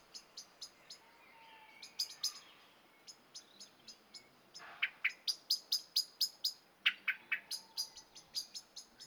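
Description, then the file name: Common blackbird giving sharp, clicking chink calls in irregular series, becoming a steady run in the second half. "Turdus merula"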